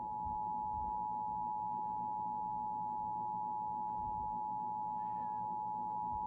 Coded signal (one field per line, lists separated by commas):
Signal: Emergency Alert System (SAME) tones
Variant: 853 and 960 Hz attention tone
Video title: EAS 14: PENNSYLVANIA DECEMBER EAS TEST